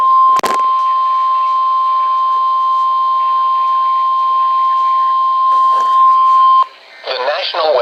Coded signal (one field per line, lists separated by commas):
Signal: Emergency Alert System (SAME) tones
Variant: 1050 Hz attention tone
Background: speech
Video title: YYWA: Episode 10 - EAS Alerts #208-#212 from 09/13/2022